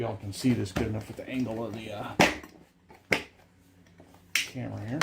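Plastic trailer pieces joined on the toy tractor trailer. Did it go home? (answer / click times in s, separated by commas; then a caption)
yes / 3.1 s. Plastic trailer pieces for a Peg Perego John Deere electric ride-on toy tractor are pushed together while someone talks. A sharp snap is heard at 3.1 s as the pieces seat together.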